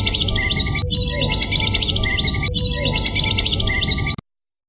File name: audio burung belibis totol omkicau